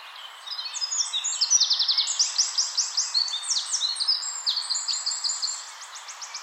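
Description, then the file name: Eurasian wren delivering an energetic, very high song of quick piercing notes and fast trills, steady for most of the six seconds before fading. "Troglodytes troglodytes"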